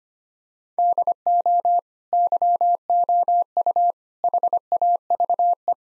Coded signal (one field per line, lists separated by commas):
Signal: Morse code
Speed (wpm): 25 wpm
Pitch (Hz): 700 Hz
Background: none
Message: DO YOU HAVE